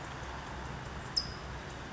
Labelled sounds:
California Towhee

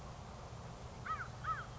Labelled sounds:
American Crow

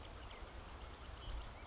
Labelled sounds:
Marsh Wren

